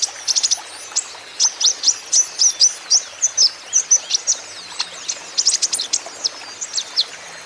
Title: KOLIBRI NINJA KONIN IJOAN GACOR COCOK UNTUK PANCINGAN TERAPI KONIN BAHAN PASTI NYAUT